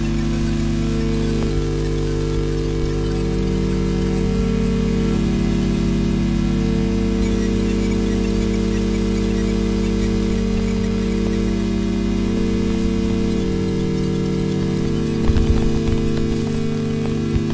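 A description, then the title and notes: Electromagnetic interference: a steady, dense hiss overlaid with a low buzzing hum and many stacked tones. The lower tones slowly step up and down in pitch over the recording, and a brief crackling burst appears around fifteen seconds in. Electromagnetic Interference/signals. Using an EM coil pick-up, (sometimes advertised as a 'phone tap pick-up') the EM signals are captured and sent through a Max patch where by they are processed and transposed.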